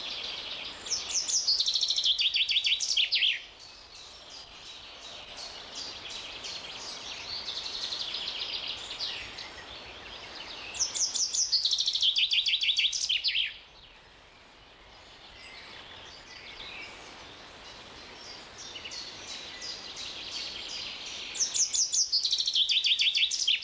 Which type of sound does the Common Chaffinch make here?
song